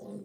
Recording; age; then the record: pig call; piglet (1 to 25 days)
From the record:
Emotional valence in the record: negative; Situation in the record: short isolation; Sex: male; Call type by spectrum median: low-frequency call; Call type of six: low-frequency modulated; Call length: 0.25 s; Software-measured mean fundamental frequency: 52 Hz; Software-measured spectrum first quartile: 205 Hz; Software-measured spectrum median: 318 Hz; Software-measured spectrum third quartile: 529 Hz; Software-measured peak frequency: 212 Hz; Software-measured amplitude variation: 115 dB a second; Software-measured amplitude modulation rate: 19.9 a second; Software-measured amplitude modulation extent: 5.8 dB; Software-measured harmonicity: 4.7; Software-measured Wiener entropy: 0.14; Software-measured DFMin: 1220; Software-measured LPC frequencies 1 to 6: 402, 3875, 5096, 6010, 6723, 8547 Hz